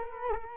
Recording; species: mosquito wingbeat signal from an infrared sensor; Culex quinquefasciatus